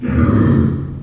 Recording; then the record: squeal of a Yucatan mini pig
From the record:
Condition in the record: after surgery on the right vocal fold (resection and tissue-engineered implant); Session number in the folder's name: 12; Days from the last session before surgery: 105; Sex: female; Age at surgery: 19 weeks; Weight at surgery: 25 kg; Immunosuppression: prednisolone